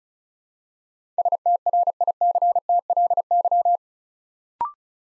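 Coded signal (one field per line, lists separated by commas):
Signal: Morse code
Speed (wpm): 36 wpm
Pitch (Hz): 700 Hz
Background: none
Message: STRICTLY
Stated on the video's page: Morse Code practice drill at 35 wpm building 8-letter words three letters at a time, for instant character recognition training.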